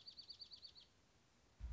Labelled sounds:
Dark-eyed Junco (Junco hyemalis)
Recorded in Sonoma County, California

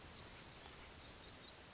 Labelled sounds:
Orange-crowned Warbler (Leiothlypis celata)
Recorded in Sonoma County, California

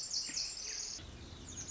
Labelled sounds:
Pacific Wren (Troglodytes pacificus)
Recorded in Sonoma County, California

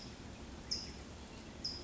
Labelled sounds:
California Towhee (Melozone crissalis)
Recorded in Sonoma County, California

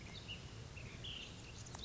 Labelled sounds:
Ash-throated Flycatcher (Myiarchus cinerascens)
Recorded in Sonoma County, California

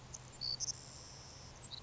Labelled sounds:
Savannah Sparrow (Passerculus sandwichensis)
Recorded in Sonoma County, California

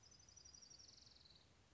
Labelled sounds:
Orange-crowned Warbler (Leiothlypis celata)
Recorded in Sonoma County, California

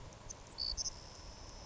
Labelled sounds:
Savannah Sparrow (Passerculus sandwichensis)
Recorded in Sonoma County, California

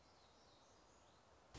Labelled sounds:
Black-throated Gray Warbler (Setophaga nigrescens)
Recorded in Sonoma County, California

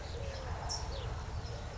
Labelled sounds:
California Towhee (Melozone crissalis)
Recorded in Sonoma County, California

